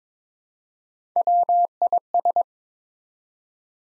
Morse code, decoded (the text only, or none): WIS